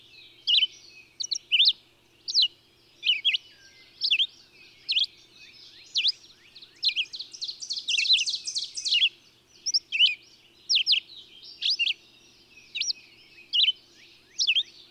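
Bird song of repeated high chirps and whistled swoops, broken midway by a thick burst of rapid buzzy chatter before the chirps resume.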